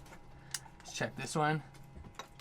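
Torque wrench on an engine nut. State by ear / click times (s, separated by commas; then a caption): torque reached / 2.2 s. A torque wrench is used to tighten a nut on an engine, giving a small, subtle click at 2.2 s that confirms the nut is at the right torque. Someone talks in the middle of the clip, and other faint taps are heard around it.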